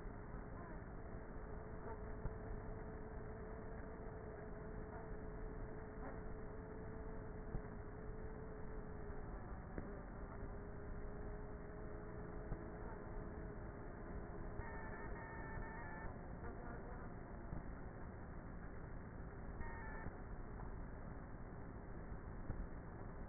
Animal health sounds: honeybee colony, microphone inside the hive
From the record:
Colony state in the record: queenless with a low population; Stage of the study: before two queens were removed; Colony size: about 30,000 bees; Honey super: no

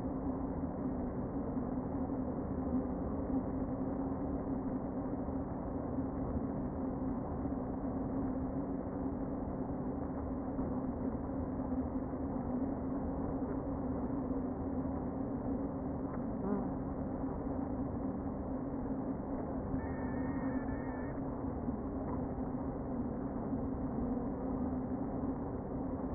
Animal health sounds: honeybee colony, microphone inside the hive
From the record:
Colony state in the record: queen present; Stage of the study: before two queens were removed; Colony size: about 60,000 bees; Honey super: yes

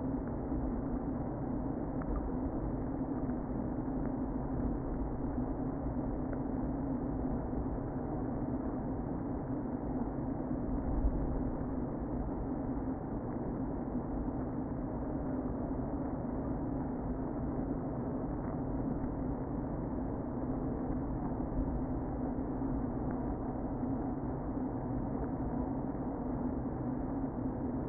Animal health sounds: honeybee colony, microphone inside the hive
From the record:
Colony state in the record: queen present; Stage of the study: before two queens were removed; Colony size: about 60,000 bees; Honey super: yes

